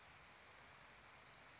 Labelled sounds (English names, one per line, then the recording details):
Orange-crowned Warbler
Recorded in Sonoma County, California